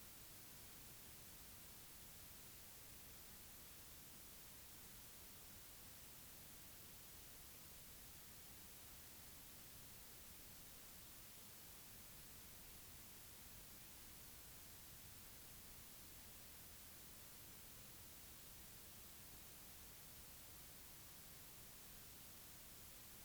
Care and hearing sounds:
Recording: daily activity, guitar pickup as the sensor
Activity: stand

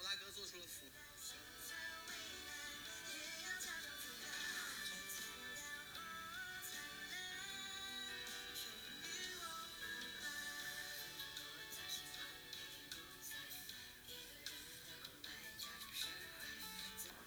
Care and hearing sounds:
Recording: daily activity, guitar pickup as the sensor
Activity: browse video

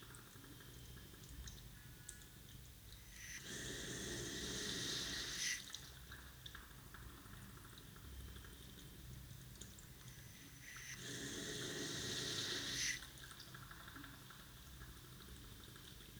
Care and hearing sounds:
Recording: daily activity, guitar pickup as the sensor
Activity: flush

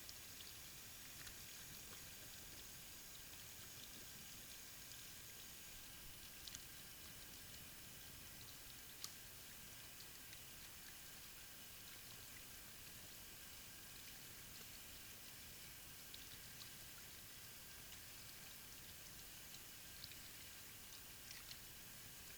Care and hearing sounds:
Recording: daily activity, guitar pickup as the sensor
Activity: wash hands

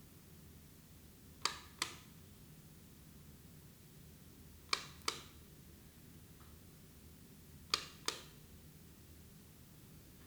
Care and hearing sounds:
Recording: daily activity, guitar pickup as the sensor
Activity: operate light

